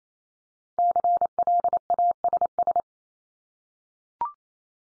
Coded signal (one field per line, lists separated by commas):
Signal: Morse code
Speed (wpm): 28 wpm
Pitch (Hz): 700 Hz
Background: none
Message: CLASS